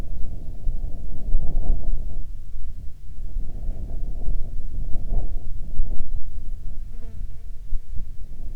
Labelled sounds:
wind
insects
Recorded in the Prudhoe Bay oil fields, Alaska, on 25 July 2019 at 15:39
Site 17

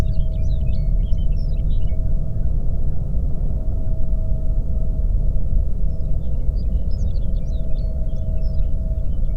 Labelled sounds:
songbird
flare stack
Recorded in the Prudhoe Bay oil fields, Alaska, on 22 May 2019 at 01:30
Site 25

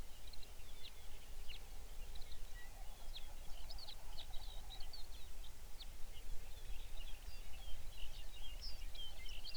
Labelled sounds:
songbird
grouse or ptarmigan
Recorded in the Arctic National Wildlife Refuge, Alaska, on 23 May 2019 at 05:26
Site 49

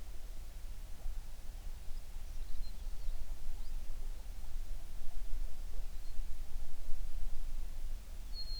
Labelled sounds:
songbird
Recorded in the Prudhoe Bay oil fields, Alaska, on 11 June 2019 at 04:57
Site 21

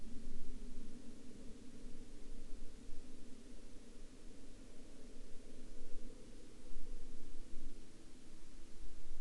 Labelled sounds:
aircraft
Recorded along the Dempster Highway, Canada, on 25 April 2019 at 14:31
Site 21

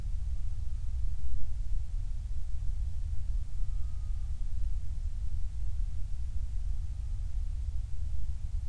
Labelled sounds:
bird
wind
vehicle
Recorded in the Prudhoe Bay oil fields, Alaska, on 28 July 2019 at 06:13
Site 25

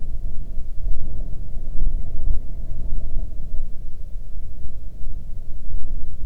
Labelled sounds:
grouse or ptarmigan
wind
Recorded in the Arctic National Wildlife Refuge, Alaska, on 8 June 2019 at 00:03
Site 40

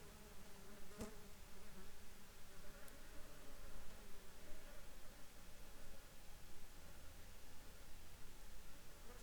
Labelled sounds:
insects
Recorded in the Prudhoe Bay oil fields, Alaska, on 7 July 2021 at 16:32
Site 14

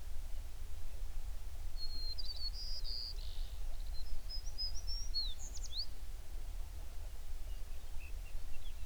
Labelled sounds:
songbird
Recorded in the Prudhoe Bay oil fields, Alaska, on 11 June 2019 at 04:54
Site 21

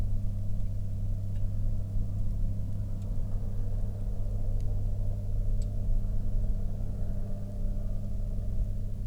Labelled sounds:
rain
aircraft
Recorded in the Prudhoe Bay oil fields, Alaska, on 8 August 2019 at 08:13
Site 13

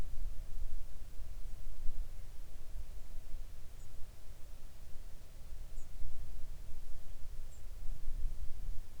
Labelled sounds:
songbird
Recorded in the Arctic National Wildlife Refuge, Alaska, on 3 August 2019 at 06:14
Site 41

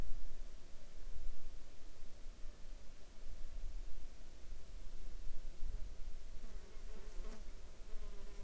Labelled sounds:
insects
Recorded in the Arctic National Wildlife Refuge, Alaska, on 14 July 2019 at 20:32
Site 35

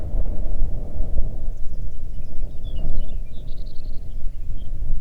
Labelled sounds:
songbird
wind
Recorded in the Arctic National Wildlife Refuge, Alaska, on 3 June 2019 at 05:04
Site 37

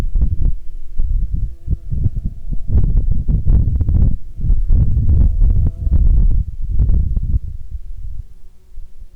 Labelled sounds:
wind
insects
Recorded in Ivvavik National Park, Yukon, on 29 June 2019 at 19:18
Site SINP09

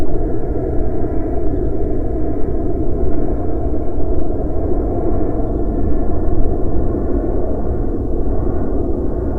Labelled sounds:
aircraft
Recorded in the Prudhoe Bay oil fields, Alaska, on 9 July 2019 at 20:34
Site 25

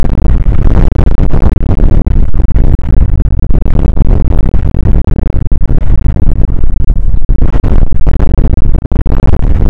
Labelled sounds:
wind
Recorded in the Prudhoe Bay oil fields, Alaska, on 29 May 2019 at 00:01
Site 25

